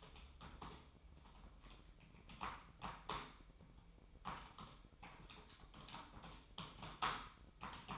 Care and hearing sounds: daily activity, microphone in the room; typing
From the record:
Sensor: 1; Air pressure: 1007.6 hPa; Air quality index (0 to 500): 79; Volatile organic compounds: 1 ppm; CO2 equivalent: 685 ppm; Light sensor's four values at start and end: 11/27/11/13 and 11/27/11/12

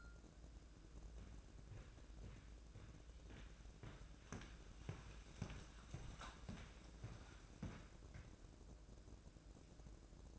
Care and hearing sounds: daily activity, microphone in the room; walk to room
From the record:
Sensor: 2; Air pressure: 1012.1 hPa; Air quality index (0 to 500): 143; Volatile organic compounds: 2 ppm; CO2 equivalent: 1040 ppm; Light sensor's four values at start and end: 82/196/81/78 and 72/173/71/68

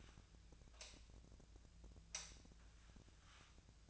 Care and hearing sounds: daily activity, microphone in the room; light on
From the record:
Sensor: 2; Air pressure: 1009.6 hPa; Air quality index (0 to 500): 181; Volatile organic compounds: 10 ppm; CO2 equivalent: 2258 ppm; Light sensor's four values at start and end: 27/66/29/32 and 32/85/36/38

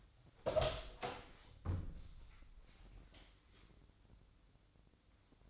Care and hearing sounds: daily activity, microphone in the room; open door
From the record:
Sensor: 3

